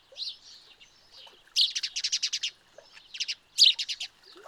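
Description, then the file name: House sparrow chirping: quick bursts of bright, harsh chirps in rapid series, with quieter chatter between bursts. "Passer domesticus"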